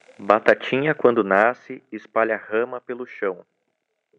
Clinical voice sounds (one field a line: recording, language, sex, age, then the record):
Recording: short text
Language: Brazilian Portuguese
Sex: male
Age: 20 to 29 years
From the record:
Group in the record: control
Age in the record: 21 years